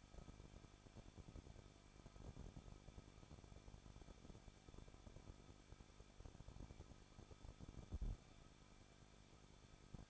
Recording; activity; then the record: daily activity, microphone in the room; no activity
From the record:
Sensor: 5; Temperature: 20.8 degrees Celsius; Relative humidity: 38.4%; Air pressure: 1006.4 hPa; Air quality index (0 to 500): 189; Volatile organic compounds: 19 ppm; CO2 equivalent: 2668 ppm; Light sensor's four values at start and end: 2/3/1/1 and 2/3/1/1